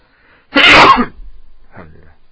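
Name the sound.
sneeze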